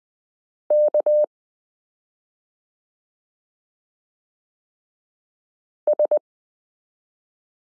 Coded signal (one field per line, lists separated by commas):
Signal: Morse code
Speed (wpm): 20 wpm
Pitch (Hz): 600 Hz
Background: none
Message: K S